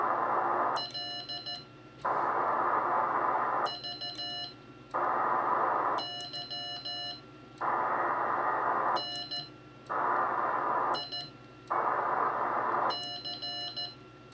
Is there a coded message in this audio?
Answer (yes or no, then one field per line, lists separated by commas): yes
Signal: Morse code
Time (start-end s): 0.8-13.9 s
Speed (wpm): 14 wpm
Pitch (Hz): 2900 Hz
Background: radio noise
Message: L VY NIC